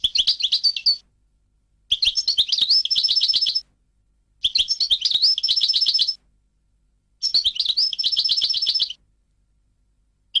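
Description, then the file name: European goldfinch song: four phrases of bright twittering notes, several ending in a fast trill, delivered about every two to three seconds. "audio burung goldfinch"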